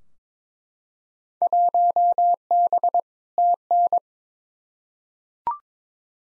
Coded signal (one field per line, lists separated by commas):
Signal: Morse code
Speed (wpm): 22 wpm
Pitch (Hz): 700 Hz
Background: none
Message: 1B TN